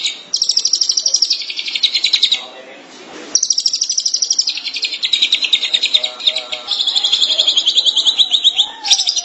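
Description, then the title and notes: Shrike song: rapid, buzzy high-pitched notes in long rattling runs, broken by short pauses, with faint lower sounds behind. "Suara burung pentet"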